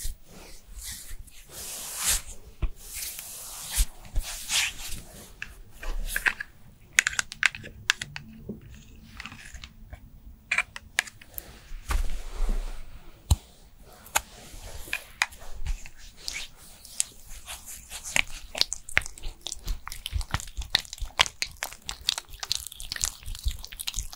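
A skincare routine with dense, irregular clicks, taps and crinkly rustling throughout, bursts of bright scratching, and a quieter stretch around eight to twelve seconds.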